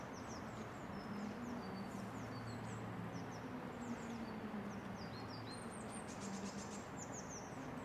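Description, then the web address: Birds twittering with rapid high, downslurred chirps coming in loose runs, against a continuous low droning hum. Birds recorded in a residential area; calm atmosphere. "lynne-publishing Residential Area Birds Calm"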